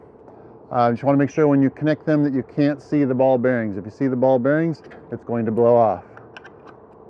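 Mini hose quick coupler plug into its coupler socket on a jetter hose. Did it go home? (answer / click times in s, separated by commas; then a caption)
yes / 6.4 s. A mini hose quick coupler plug is pushed into its ball-bearing coupler socket on a small jetter hose, metal on metal. Someone talks, then a sharp click at 6.4 s shows the coupler seating.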